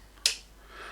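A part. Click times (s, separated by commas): 0.3 s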